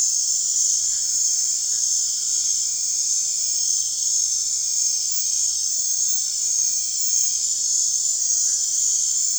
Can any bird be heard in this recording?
no